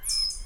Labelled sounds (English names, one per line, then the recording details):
Stitchbird song
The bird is a male
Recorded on Tiritiri Matangi Island, New Zealand, in 2005
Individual 11, of nest box 13